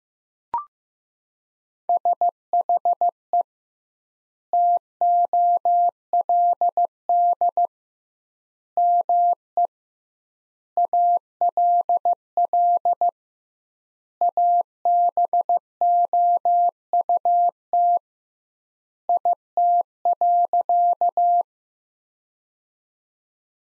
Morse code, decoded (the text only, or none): SHE TOLD ME ALL ABOUT IT.